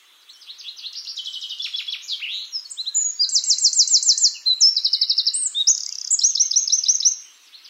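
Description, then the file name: Eurasian wren singing a long, energetic run of high, rattling trills and bright notes, building in strength and ending abruptly after about seven seconds. "Troglodytes troglodytes"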